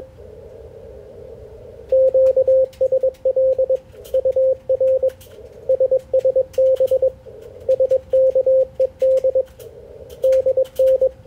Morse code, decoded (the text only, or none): QSL UR SSB SKED DN